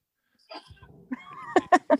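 A dog gives a run of three quick, voiced, honking coughs after a brief whine-like sound.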